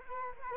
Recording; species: mosquito wingbeat signal from an infrared sensor; Culex quinquefasciatus